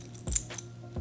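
The tongue of a big gold-over-silver chain is handled near its metal box clasp, with a brief metallic jingle and a sharp tick at about 0.36 s. A lighter chink follows near 0.6 s, then a dull low thump around 1.0 s. The clasp has not snapped shut and nothing has seated yet.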